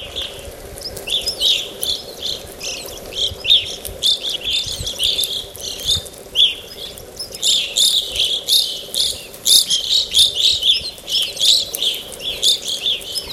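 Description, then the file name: Evening grosbeaks giving many short chirping calls, overlapping in a busy flock chatter, over a steady low hum. "Hesperiphona vespertina"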